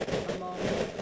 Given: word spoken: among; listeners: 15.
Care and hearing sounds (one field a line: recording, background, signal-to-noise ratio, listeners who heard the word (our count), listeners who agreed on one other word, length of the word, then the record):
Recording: one English word in noise, from a listening test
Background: noise modulated by three-talker babble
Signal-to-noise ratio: -7.9 dB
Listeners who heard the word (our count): 0 of 15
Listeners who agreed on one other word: 7 of 15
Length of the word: 0.62 s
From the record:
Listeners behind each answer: 7, 1, 1, 1, 1, 1, 1, 1, 1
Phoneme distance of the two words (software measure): 20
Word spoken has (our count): 2 syllables, 4 phonemes, stress on syllable 2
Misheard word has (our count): 2 syllables, 4 phonemes, stress on syllable 2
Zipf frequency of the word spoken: 4.69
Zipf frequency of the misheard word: 5.33